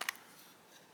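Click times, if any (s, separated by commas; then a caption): 0.0 s, 0.1 s. The plastic lid of a wireless earbud charging case, which has no magnet, is snapped closed onto the case body. Two sharp clicks sound at 0.0 s and 0.1 s, then faint quiet. The lid clicks shut and stays held closed so it won't flop open.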